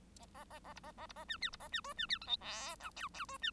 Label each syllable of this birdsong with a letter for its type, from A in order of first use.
A A A A B A A B A C D B A C E C D F G H I J J E C